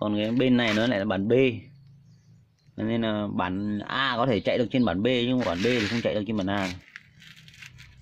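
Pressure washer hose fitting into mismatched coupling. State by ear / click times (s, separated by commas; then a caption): partly seated / 7.0 s. Someone talks for most of the clip while a pressure washer hose fitting of one version (A/B) is pushed into the mismatched coupling of a washer run by a rebuilt used Japanese tiller. After the talking stops, a sharp click sounds at 7.0 s, followed by a few faint handling knocks. The fitting does not go fully in.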